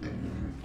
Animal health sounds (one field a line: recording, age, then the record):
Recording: pig call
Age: growing-finishing pig (85 days or more)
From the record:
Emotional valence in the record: negative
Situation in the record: barren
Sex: female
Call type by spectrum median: low-frequency call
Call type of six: low-frequency stable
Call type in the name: low-frequency stable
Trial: 1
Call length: 0.65 s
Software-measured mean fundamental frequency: 63 Hz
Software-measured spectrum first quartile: 109 Hz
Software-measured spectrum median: 215 Hz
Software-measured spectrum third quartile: 424 Hz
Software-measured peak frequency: 254 Hz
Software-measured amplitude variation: 166 dB a second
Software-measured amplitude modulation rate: 31.6 a second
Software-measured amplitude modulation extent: 5.2 dB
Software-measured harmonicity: -1.7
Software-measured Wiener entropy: -0.05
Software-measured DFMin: 677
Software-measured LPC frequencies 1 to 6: 1706, 2280, 3198, 4207, 4978, 5610 Hz